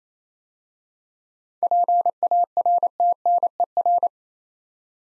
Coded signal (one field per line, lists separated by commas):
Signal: Morse code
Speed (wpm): 27 wpm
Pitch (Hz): 700 Hz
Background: none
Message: PARTNER